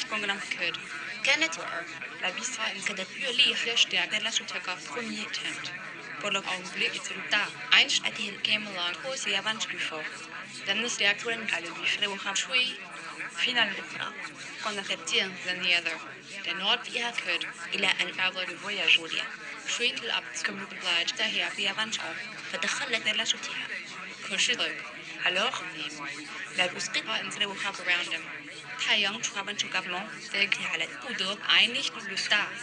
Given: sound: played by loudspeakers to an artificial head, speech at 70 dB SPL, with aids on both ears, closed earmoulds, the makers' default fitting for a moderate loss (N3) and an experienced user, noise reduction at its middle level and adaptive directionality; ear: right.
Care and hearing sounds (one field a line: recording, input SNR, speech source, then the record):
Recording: speech test signal (ISTS) in cocktail-party noise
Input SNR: 0 dB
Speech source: on the right (90 degrees)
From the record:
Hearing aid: class 2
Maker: G